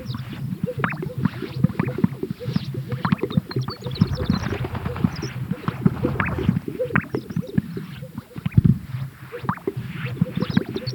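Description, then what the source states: Greater sage-grouse chorus of deep pops, gulps and swishes from many birds at once, continuous and overlapping throughout. At a lek.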